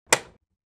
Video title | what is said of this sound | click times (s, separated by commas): Fixing 31.13.01/.02 ADF Jam Errors/MFP M500 and M600 Printers - HP Printers - HP Support | press down on the separation pad cover until it snaps into place | 0.1 s